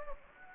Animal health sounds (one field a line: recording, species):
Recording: mosquito wingbeat signal from an infrared sensor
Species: Anopheles gambiae